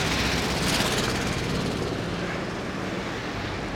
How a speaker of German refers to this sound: Also, die Ampel ist rot und es kommt trotzdem Autos. Oh, ein Bulli.